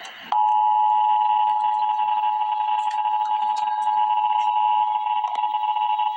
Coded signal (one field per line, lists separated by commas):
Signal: Emergency Alert System (SAME) tones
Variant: 853 and 960 Hz attention tone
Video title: Emergency Alert System - Tornado Warning - May 26, 2024 at 7:00 PM EDT